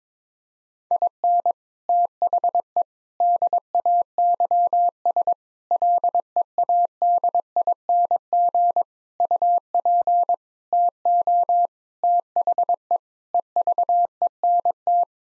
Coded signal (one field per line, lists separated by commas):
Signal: Morse code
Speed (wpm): 22 wpm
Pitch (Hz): 700 Hz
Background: none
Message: IN THE DAYS LEADING UP TO THE EVENT